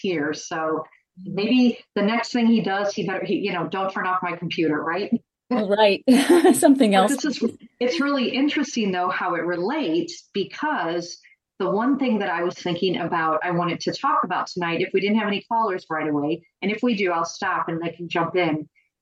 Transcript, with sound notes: so maybe the next thing he does, he better, he, you know, don't turn off my computer, right?
Right. (laughs) Something else.
But this is, it's really interesting, though, how it relates, because the one thing that I was thinking about, I wanted to talk about tonight, if we didn't have any callers right away, and if we do, I'll stop and they can jump in.